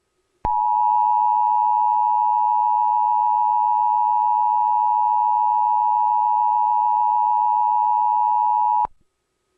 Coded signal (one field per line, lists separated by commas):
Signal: Emergency Alert System (SAME) tones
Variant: 853 and 960 Hz attention tone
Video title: Hijacked EAS Message 12.20.2020